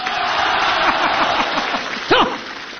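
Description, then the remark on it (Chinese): An audience at a xiangsheng (crosstalk comedy) show claps steadily throughout to encourage a performer to do a duo crosstalk piece alone: a dense crackling wash of many hands at a fairly loud, even level, with scattered voices calling out and one louder shout near the end. “来，朋友们，我们掌声鼓励他一个人说一段对口相声，好不好？”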